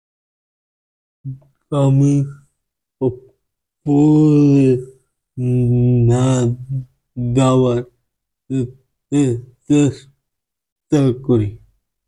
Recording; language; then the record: elicited speech; Bengali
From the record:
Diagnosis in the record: Broca's or global aphasia after a stroke